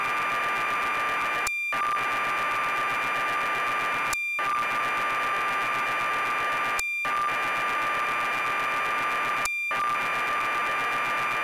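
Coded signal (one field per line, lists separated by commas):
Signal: computer data on cassette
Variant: BBC Micro, 1200 baud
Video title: BBC Micro: Elite by Acornsoft (Loading from tape)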